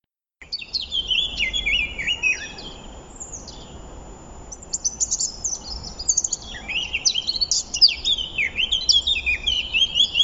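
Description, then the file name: Eurasian blackcap song, two bursts of fast scratchy warbling mixed with clear whistled phrases, separated by a quieter stretch in the middle. "Sylvia atricapilla"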